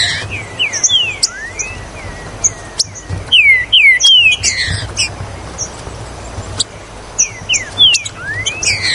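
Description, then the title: Green-winged saltator song of clear whistled notes sliding downward and upward, delivered in quick clusters amid sharp ticks and high chirps. "Trinca Ferro Ao Maximo Trinca Ferro"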